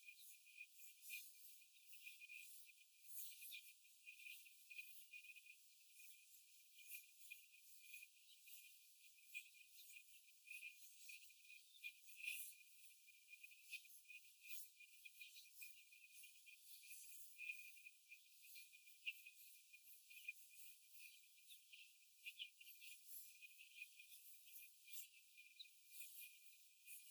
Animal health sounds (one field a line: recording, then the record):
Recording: young laying hens in a cage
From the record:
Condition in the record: after the stressor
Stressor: simulated dog barking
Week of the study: 4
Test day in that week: 1